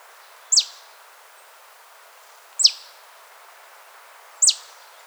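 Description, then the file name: Marsh tit calls: three sharp, high notes sweeping steeply downward, spaced about two seconds apart, over a steady background hiss. "Poecile palustris"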